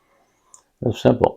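A stylus detector is unclipped from the drive unit of an SJ210 profilometer so it can be changed. A brief, sharp click at 0.5 s marks it coming free, and then someone talks.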